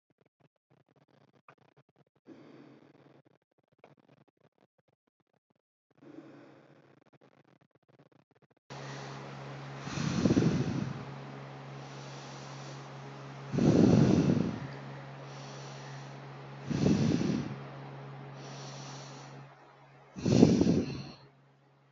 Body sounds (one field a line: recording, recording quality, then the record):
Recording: deep breathing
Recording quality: moderate, slight background noise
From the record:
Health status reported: healthy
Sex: female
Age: 22 years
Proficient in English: yes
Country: India